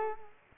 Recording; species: mosquito wingbeat signal from an infrared sensor; Culex quinquefasciatus